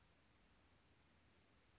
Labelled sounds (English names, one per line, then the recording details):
Chestnut-backed Chickadee
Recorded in Sonoma County, California